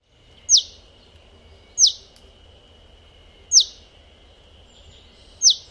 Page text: 山麻雀. 學名： Passer rutilans rutilans, 留鳥. Teruo Furushima, Wild Bird Songs in Japan, 日本. 用力、短促且尖銳的「救!」